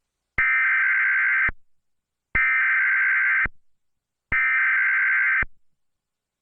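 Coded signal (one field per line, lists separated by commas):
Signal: Emergency Alert System (SAME) tones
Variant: header bursts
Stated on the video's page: Fictional mini EAS scenario.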